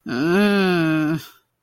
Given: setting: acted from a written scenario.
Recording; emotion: vocal sound without words; shame